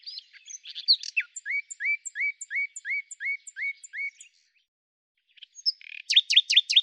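Common nightingale song with a long series of repeated slurred whistled notes, about three a second, then a pause and a burst of sharp repeated notes.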